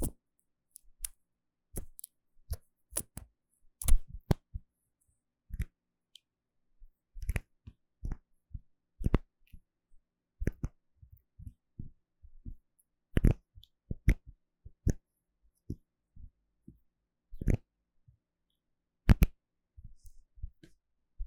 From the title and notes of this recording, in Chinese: ASMR 瓶瓶罐罐觸發與瓶蓋聲 | Bottle Caps Sounds for Relaxation & Sleep | NO Talking。